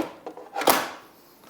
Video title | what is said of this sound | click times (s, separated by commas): Aventon Aventure 2 Initial Review and First Ride | push it in hear the click | 0.7 s